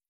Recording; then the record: hydrophone in a shrimp aquaculture tank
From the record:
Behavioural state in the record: feeding